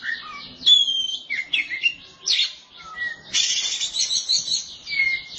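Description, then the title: Oriental magpie-robin song of clear whistled slurs and sweet notes, then a dense burst of high, scratchy twittering. Song of the kacer. "Suara Kicauan Burung Kacer"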